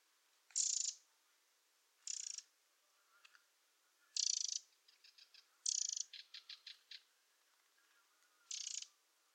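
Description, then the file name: Eurasian wren making harsh, rasping call bursts mixed with runs of short, rapid ticking notes, repeated irregularly. "Troglodytes troglodytes"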